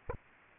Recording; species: mosquito wingbeat signal from an infrared sensor; Aedes aegypti